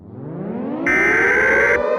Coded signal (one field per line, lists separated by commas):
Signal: Emergency Alert System (SAME) tones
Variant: header bursts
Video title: EAS Scenario *ALL FAKE*